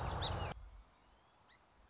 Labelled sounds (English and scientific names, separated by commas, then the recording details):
Song Sparrow (Melospiza melodia)
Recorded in Sonoma County, California